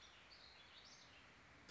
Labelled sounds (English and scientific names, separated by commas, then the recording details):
Warbling Vireo (Vireo gilvus)
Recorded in Sonoma County, California